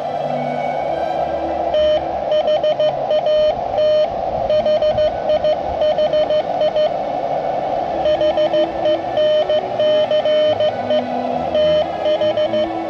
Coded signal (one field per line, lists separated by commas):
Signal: Morse code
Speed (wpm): 20 wpm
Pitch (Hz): 600 Hz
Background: radio noise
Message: THAT HIHI HENCE TH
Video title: VE2/OU-012 SOTA Activation 11/24/2012 / November 2012 PBMME